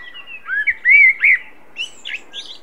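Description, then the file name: Common blackbird song: low fluted warbling notes near the start, then a thin, high twittering flourish, with a quiet background. "Turdus merula"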